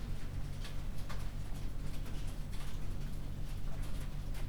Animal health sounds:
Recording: poultry house recording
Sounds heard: no chicken sound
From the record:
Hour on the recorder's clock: 22

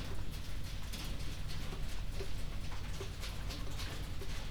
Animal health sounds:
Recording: poultry house recording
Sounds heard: healthy chickens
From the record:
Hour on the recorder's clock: 22

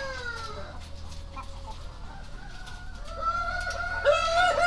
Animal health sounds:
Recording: poultry house recording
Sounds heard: sick chickens (respiratory disease)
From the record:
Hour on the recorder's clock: 0

